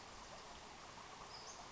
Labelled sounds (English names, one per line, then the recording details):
Western Flycatcher
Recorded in Sonoma County, California